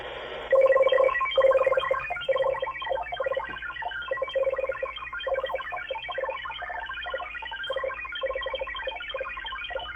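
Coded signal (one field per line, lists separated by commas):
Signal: multi-tone FSK (Olivia or MFSK type)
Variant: XPB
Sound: rapid organ-like warbling tones jumping between pitches, with a repeated low beeping note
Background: radio static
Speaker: right here is an audio sample that you can download you just click this as a play button and it'll play exactly what this signal sounds like to validate so we'll click on this real quick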